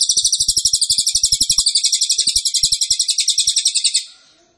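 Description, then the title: Cililin song: a sustained, fast trill of high, sharp notes repeated evenly for about four seconds, then fading out. Cililin song, used to teach songbirds. "Cililin AMPUH. Masteran Burung cililin masteran sang juara"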